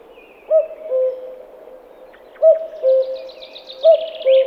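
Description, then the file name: Common cuckoo calling a two-note descending cu-koo three times, low and mellow, with a thin high songbird twittering in the background. "Kukavica"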